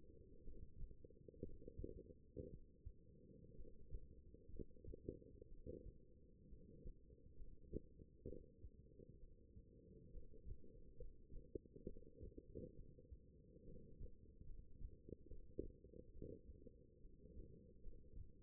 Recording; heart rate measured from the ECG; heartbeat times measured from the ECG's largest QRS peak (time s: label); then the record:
heart sounds by stethoscope; 66 bpm
0.42 s: heartbeat
1.41 s: heartbeat
2.48 s: heartbeat
3.54 s: heartbeat
4.49 s: heartbeat
5.47 s: heartbeat
6.48 s: heartbeat
7.35 s: heartbeat
8.26 s: heartbeat
9.19 s: heartbeat
10.11 s: heartbeat
10.96 s: heartbeat
11.84 s: heartbeat
12.75 s: heartbeat
13.64 s: heartbeat
14.44 s: heartbeat
15.27 s: heartbeat
16.12 s: heartbeat
17.01 s: heartbeat
17.81 s: heartbeat
From the record:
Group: healthy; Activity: rest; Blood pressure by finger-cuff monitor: 126/72 mmHg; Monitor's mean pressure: 93 mmHg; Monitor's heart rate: 64 bpm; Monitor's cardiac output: 6.9 L/min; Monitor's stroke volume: 110 mL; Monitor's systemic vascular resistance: 990 dyn s/cm5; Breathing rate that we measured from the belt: 17 breaths a minute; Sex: female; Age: 23 years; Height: 160 cm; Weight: 50.4 kg